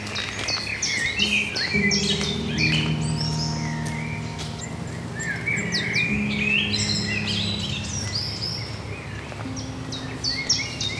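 A busy forest full of birdsong, with chirps and short calls overlapping almost constantly from start to finish, several birds at once. Underneath runs a steady low drone that shifts pitch now and then, like machinery.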